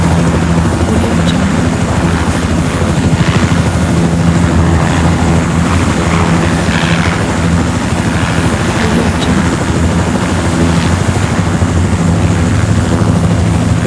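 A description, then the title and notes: A helicopter runs steadily, its rotor giving a fast, regular chopping pulse over a deep, constant engine drone. The sound holds at an even loudness throughout, with a thin high whine above and brief hissy swells around the middle. Helicopter Sound Effect.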